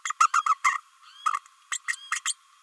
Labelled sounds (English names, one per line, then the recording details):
Green-rumped Parrotlet babbling
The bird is a female
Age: 29 days
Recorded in a nest box in Venezuela
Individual 17B32A5